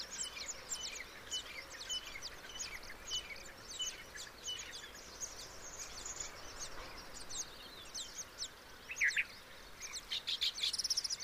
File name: Baya weaver